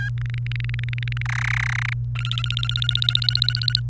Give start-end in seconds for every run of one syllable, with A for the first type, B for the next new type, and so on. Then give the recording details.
0.18-1.22 A, 1.25-1.93 B, 2.15-3.80 C. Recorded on 28 April 2018 at 18:00. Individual llb3